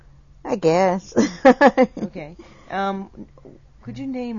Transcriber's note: laughs